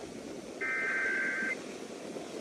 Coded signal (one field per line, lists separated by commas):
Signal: Emergency Alert System (SAME) tones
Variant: header bursts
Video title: 50 States, 50 EAS Alerts (1K Sub. Special)